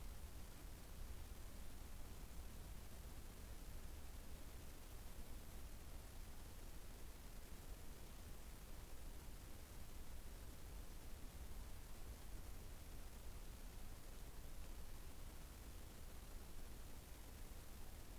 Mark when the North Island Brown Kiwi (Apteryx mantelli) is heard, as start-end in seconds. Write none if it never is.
none